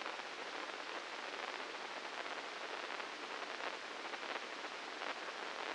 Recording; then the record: brain microelectrode recording played as sound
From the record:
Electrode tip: inside the subthalamic nucleus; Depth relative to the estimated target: -2 mm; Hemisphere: left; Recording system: NeuroSet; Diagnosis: Parkinson's disease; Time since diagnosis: 9 years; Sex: male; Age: 56 years